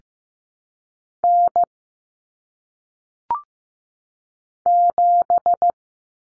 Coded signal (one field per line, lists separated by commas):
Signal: Morse code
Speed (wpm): 15 wpm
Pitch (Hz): 700 Hz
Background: none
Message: N 7